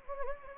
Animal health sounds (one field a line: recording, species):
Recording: mosquito wingbeat signal from an infrared sensor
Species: Anopheles gambiae